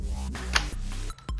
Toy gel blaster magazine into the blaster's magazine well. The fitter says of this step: push करते समय कुछ ही देरी के बाद आपको एक क्लिक साउंड सुनाई देगा